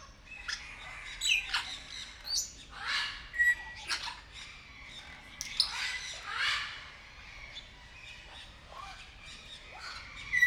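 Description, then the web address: Grey parrot producing a busy run of harsh squawks, sharp clicks and a short whistle, with calls repeated irregularly throughout. Captive grey parrot in a zoo in Nyíregyháza, 2019. "jako papagaj hosszabban nyiregyhaza"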